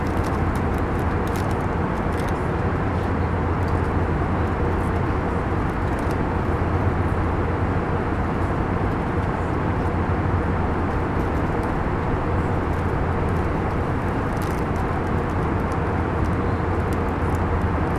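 Steady airplane cabin engine noise, a dense, even roar weighted toward the low end with a constant deep hum underneath. The level barely changes over the whole stretch, with only faint scattered ticks and clicks in the upper range.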